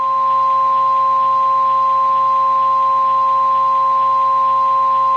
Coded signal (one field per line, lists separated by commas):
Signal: Emergency Alert System (SAME) tones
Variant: 1050 Hz attention tone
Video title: PREVIEW: The Freezing One: Manipulated Nature - an EAS Scenario